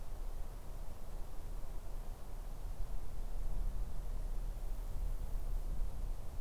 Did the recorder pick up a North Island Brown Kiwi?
no